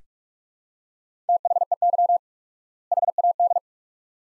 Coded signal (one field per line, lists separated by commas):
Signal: Morse code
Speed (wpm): 44 wpm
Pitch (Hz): 700 Hz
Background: none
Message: THEY HAD